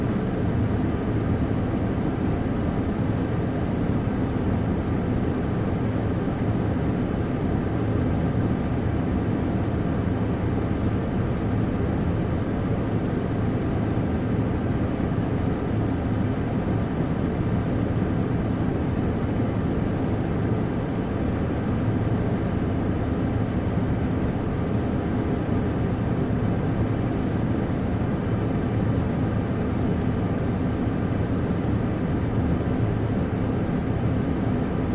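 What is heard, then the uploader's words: A steady white noise runs unchanged for the whole clip, dense and even with no breaks or events. Its weight sits low, giving a deep rumbling hush like an engine drone heard from inside a cabin, with a softer hiss above and little at the top. Sleep Sound For Baby White Noise.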